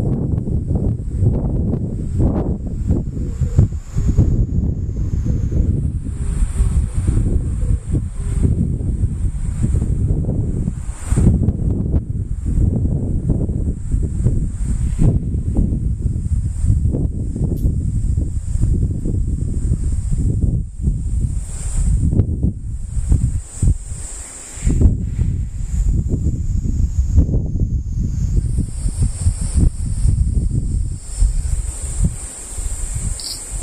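Cicadas keep up a steady, shrill high buzz throughout, over a constant low rumble of gusty wind that swells and dips irregularly.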